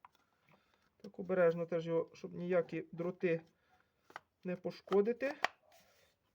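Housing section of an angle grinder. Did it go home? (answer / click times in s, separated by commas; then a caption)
no / none. A housing section of an angle grinder is being handled during reassembly, lined up with the screw hole and fitted carefully so as not to damage any wires. Someone talks throughout, with a few faint brief taps in between. Nothing has seated or clicked yet.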